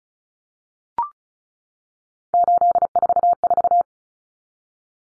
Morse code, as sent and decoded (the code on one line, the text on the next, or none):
---.. ....- ....-
844